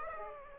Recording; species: mosquito wingbeat signal from an infrared sensor; Aedes aegypti